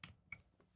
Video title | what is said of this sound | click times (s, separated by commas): Tascam XLR Module For Canon R5C - Everything You Need To Know | till it clicks | 0.0 s